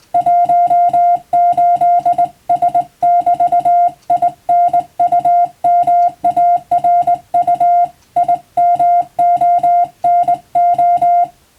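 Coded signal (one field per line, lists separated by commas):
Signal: Morse code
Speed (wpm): 20 wpm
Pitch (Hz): 700 Hz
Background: music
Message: 18S <BT> INUMARU IMONO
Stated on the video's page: Morse receiving practice for the Japanese radio operator national exam, using a telegram practice book.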